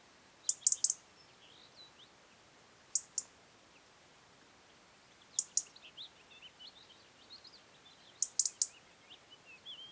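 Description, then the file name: European robin giving clusters of sharp ticking clicks every few seconds, with a faint, thin, squeaky warble running quietly between them. "Erithacus rubecula"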